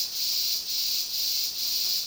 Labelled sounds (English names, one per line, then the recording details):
none
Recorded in dense forest near Puerto Asís, Putumayo, Colombia, on 21 February 2024 at 12:30
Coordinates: 0.466, -76.327
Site G6413